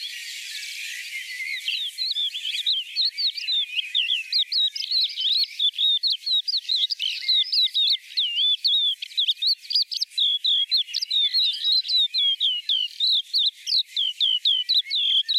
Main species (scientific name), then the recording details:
Galerida cristata. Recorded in the wild. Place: Breisach im Breisgau, Baden-Württemberg, DE. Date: 1986-05-25. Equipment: Uher Report Monitor. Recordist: Schwarz, Dieter. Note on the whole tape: Song